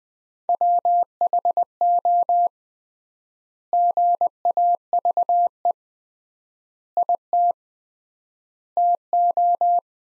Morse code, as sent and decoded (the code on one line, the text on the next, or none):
.-- .... --- / --. .- ...- . / .. - / - ---
WHO GAVE IT TO